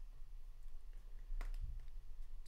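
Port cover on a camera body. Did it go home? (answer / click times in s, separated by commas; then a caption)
yes / 1.4 s. Rubber/plastic port covers on the side of a Nikon Z7II mirrorless camera body are pressed closed against a low, steady background rumble. A sharp click at 1.4 s, followed by a softer tick at about 1.5 s, marks the covers snapping shut and seating in place.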